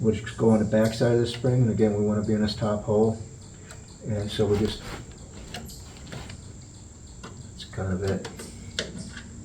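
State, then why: Not seated. Someone talks while hooking the steel return spring of a rear drum brake shoe on a 2010 Ford Focus into its top hole in the backing plate or shoe, working from the back side of the spring. A few short metallic taps and scrapes follow in quieter stretches between the talking. The first try doesn't go home, and the spring has not snapped in yet.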